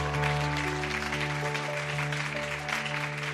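An audience applauds steadily, a dense crackle of many hands clapping at once over a sustained, low organ-like tone that hums underneath throughout.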